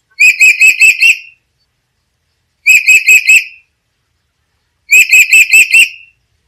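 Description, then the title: Black-capped lory calling in three rapid bursts of four to five shrill, ringing notes each, the bursts coming roughly every two seconds with silence between. "Nuri kepala hitam"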